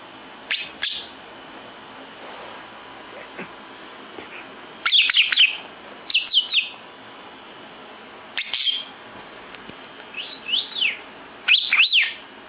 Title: Burung Lovebird Juara Nasional Full Isian Gacor